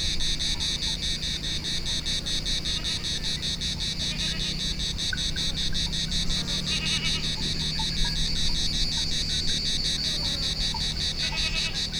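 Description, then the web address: Cicada drone of rapid high pulses throughout, joined by short louder bursts at intervals and a low hum. Recorded on Thassos, Greece, in 2016. "hanggyujtemeny gorogtaj thassos 2016 ketkaboca kecskekrovarok kecskesut"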